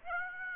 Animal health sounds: mosquito wingbeat signal from an infrared sensor; Aedes aegypti

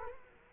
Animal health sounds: mosquito wingbeat signal from an infrared sensor; Culex quinquefasciatus

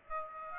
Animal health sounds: mosquito wingbeat signal from an infrared sensor; Aedes aegypti

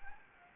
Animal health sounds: mosquito wingbeat signal from an infrared sensor; Anopheles gambiae

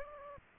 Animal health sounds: mosquito wingbeat signal from an infrared sensor; Aedes aegypti

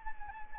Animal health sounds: mosquito wingbeat signal from an infrared sensor; Anopheles arabiensis

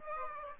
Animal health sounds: mosquito wingbeat signal from an infrared sensor; Aedes aegypti

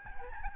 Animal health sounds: mosquito wingbeat signal from an infrared sensor; Aedes albopictus

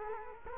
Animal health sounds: mosquito wingbeat signal from an infrared sensor; Culex quinquefasciatus

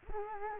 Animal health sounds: mosquito wingbeat signal from an infrared sensor; Culex quinquefasciatus

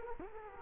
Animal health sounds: mosquito wingbeat signal from an infrared sensor; Culex quinquefasciatus

